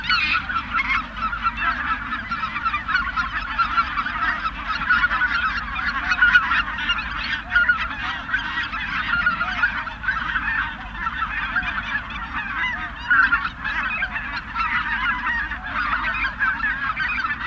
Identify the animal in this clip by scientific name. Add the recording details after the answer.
Anser albifrons. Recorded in the wild. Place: Zingst, Insel Kirr, Mecklenburg-Vorpommern, DE. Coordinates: 54.421, 12.709. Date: 1978-10-18 05:35. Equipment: Nagra III BH, Sennheiser MD 21, parabola. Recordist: Schubert, Michael